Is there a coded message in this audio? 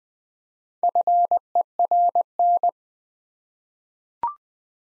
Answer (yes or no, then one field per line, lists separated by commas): yes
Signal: Morse code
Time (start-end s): 0.8-2.7 s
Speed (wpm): 20 wpm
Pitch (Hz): 700 Hz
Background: none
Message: FERN